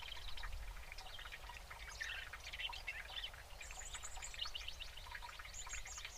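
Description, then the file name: European robin song: thin high whistles and fast chattering phrases over a dense backdrop of ticking notes, with a steady low rumble underneath. "Erithacus rubecula"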